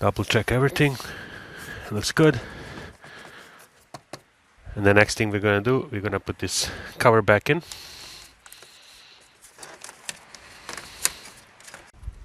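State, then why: Seated. While refitting the plastic cabin air filter access cover on a 2016 BMW X5 after a cabin air filter replacement, someone talks as the cover's first plastic retaining pin is pushed into the car's trim panel. A few small clicks and taps lead up to a sharp snap at 11.1 s as the pin seats in place.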